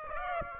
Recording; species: mosquito wingbeat signal from an infrared sensor; Aedes aegypti